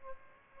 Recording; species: mosquito wingbeat signal from an infrared sensor; Aedes aegypti